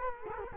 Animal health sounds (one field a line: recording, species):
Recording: mosquito wingbeat signal from an infrared sensor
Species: Culex quinquefasciatus